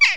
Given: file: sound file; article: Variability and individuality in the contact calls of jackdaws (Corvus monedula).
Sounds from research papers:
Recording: jackdaw call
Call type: harmonic

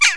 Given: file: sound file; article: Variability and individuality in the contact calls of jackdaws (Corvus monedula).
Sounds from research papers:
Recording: jackdaw call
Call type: harmonic

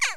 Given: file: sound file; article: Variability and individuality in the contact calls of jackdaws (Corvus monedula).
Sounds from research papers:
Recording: jackdaw call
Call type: harmonic

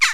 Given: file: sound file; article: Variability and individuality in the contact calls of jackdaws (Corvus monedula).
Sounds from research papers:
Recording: jackdaw call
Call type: harmonic

